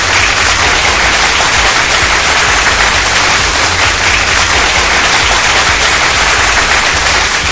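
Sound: applause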